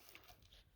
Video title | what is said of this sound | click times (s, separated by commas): Bissel Pet Pro Plus Revolution UNBOXING | and then it just clicks right in so enter release | 0.1 s